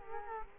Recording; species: mosquito wingbeat signal from an infrared sensor; Culex quinquefasciatus